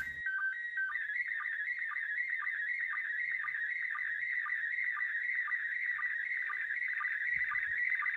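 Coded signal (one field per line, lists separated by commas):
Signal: SSTV (slow-scan television)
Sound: continuous warbling tone around 2 kHz with regular short low blips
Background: tape hiss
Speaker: थे प्रिंसिपल इंटेसटाइन उम्र यह सब टीवी सा मंडल का मंगल के सारे लौंडे है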